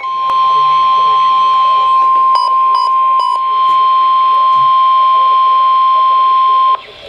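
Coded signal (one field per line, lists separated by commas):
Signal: Emergency Alert System (SAME) tones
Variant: 1050 Hz attention tone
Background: speech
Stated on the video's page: Severe thunderstorm warning from NWS Upton, NY, carried on weather radio station KWO-35, New York City.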